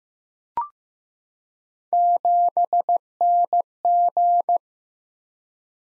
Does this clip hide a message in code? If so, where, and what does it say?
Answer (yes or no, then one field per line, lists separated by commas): yes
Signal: Morse code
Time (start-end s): 1.9-4.6 s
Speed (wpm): 15 wpm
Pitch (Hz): 700 Hz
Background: none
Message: 7NG